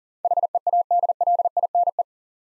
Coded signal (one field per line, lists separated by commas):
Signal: Morse code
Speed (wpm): 37 wpm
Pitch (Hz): 700 Hz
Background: none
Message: HEADLINE